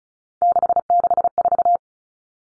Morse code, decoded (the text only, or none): 664